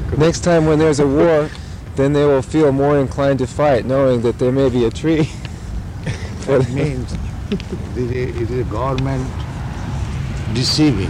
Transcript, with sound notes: Next time when there is a war, then they will feel more inclined to fight, knowing that there may be a tree for them. [laughs]
It means this is government deceiving.